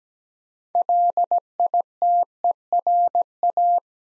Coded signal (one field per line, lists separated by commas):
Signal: Morse code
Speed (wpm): 17 wpm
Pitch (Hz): 700 Hz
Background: none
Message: LITERA